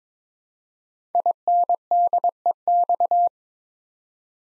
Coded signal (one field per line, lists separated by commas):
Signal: Morse code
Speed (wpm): 23 wpm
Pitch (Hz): 700 Hz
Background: none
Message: INDEX